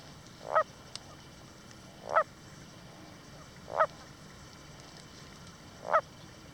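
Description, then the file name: Iranian long-legged frog calls: four short harmonic notes, spaced about one and a half to two seconds apart, over a steady low hiss. "Rana pseudodalmatina"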